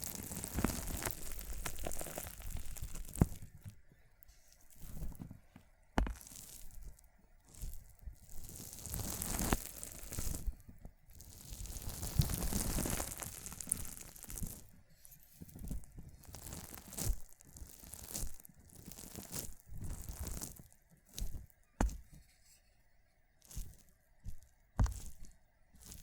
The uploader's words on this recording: ASMR ONLY Crushing water beads sounds Visual Triggers for Relieving Stress (No Talking).